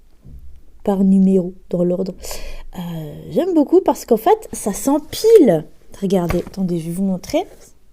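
Someone talks while handling small numbered stackable storage containers, which have small holes on top and small suction pads underneath so they nest onto one another. Faint light handling taps come at about 0.4 and 0.6 seconds. The container is being moved toward the one below, but nothing has seated or clicked yet.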